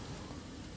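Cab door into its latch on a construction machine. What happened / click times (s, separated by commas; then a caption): The cab door is being handled and the latch has not yet caught / none. The cab door of an excavator-type construction machine is being closed toward its latch so the cabin is sealed for rollover safety. Low-frequency rumble and noise run throughout, with a short, sharp knock at 0.8 s. The door has not latched yet; nothing has seated or clicked.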